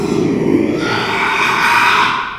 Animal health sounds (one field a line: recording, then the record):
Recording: squeal of a Yucatan mini pig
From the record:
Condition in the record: after surgery on the right vocal fold (resection and tissue-engineered implant)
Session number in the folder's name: 1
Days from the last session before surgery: 6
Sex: male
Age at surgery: 12 weeks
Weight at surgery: 13 kg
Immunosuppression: cyclosporine, prednisolone